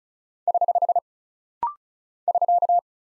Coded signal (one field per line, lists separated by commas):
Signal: Morse code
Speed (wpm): 36 wpm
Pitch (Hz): 700 Hz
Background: none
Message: <HH> <SK>